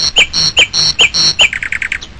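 Bird calling with several sharp, high squeaky notes, ending in a faster series of brief chirps.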